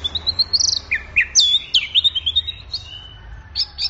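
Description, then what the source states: Orange-headed thrush song, a varied run of high whistled phrases and sharp slurred notes, some rising and falling, with brief pauses between bursts. Bird in full, intense song (gacor teler), used for training songbirds; Indonesian name anis merah.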